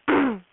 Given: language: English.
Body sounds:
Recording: throat vibration sensor signal played as sound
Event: throat clearing

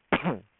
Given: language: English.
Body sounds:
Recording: throat vibration sensor signal played as sound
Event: cough

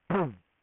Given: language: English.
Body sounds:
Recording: throat vibration sensor signal played as sound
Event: throat clearing

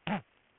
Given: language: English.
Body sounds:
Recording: throat vibration sensor signal played as sound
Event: throat clearing

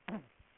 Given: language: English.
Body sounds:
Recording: throat vibration sensor signal played as sound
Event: throat clearing

